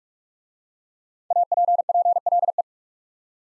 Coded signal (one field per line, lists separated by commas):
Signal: Morse code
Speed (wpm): 44 wpm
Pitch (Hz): 700 Hz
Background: none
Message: APPLE